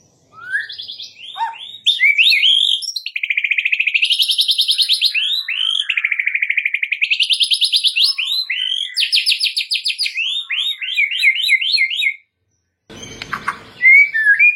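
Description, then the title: White-rumped shama delivering long, fast rolling trills that swoop up and down, mixed with crisp high notes, before a short break and a brief noise. Training (masteran) white-rumped shama song in the full 'ngerol' rolling style with 'nembak' sharp shooting notes. "Masteran Murai Batu Full Ngerol Nembak"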